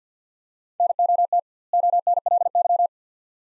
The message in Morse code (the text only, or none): NOT ONLY